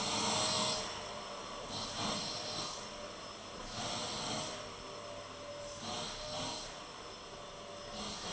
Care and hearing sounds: daily activity, microphone in the room; vacuum cleaning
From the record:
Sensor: 4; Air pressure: 1010.4 hPa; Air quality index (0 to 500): 179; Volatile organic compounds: 5 ppm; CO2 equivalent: 1813 ppm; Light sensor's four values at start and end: 33/97/38/38 and 33/97/38/38

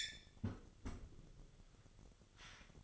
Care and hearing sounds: daily activity, microphone in the room; close fridge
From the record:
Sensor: 4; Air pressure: 1008.6 hPa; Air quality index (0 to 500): 73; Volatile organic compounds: 1 ppm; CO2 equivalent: 628 ppm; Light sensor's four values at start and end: 12/28/11/11 and 13/29/12/12

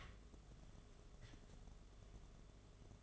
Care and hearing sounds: daily activity, microphone in the room; take from stove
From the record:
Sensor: 4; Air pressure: 1011.1 hPa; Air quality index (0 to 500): 144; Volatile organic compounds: 3 ppm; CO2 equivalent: 1475 ppm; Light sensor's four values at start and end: 182/475/201/209 and 176/457/193/201

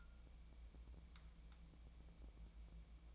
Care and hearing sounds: daily activity, microphone in the room; take from stove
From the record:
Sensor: 1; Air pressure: 1000.0 hPa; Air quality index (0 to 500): 132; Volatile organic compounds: 2 ppm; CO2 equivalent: 1249 ppm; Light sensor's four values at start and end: 35/89/37/46 and 35/89/37/46

